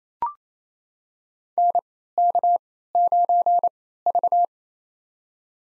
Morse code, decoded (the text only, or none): NK9V